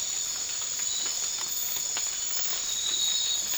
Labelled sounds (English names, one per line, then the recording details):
none
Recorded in dense forest near Puerto Asís, Putumayo, Colombia, on 12 March 2025 at 00:30
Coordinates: 0.500, -76.322
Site GP06